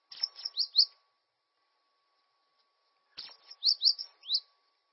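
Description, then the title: Bird song in two short bursts of sharp high chirps, a few quick notes each, separated by about two seconds of silence. "LuckyPassaro Completos2Sama"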